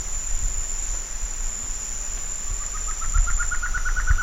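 Bird starting a quick pulsed trill that climbs slightly over under two seconds, against a continuous high whine and low background noise.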